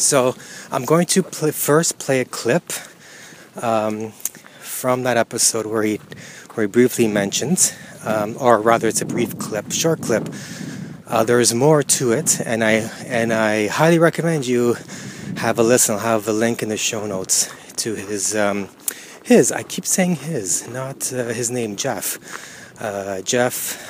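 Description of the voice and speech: Adult male speech with stuttering: repeated words and phrases, stretched sounds and frequent fillers such as 'um' and 'uh', consistent with mild stuttering.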